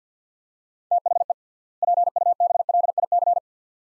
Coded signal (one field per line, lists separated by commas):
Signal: Morse code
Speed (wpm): 50 wpm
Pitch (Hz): 700 Hz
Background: none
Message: THE PUBLIC